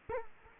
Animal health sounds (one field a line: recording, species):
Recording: mosquito wingbeat signal from an infrared sensor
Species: Culex quinquefasciatus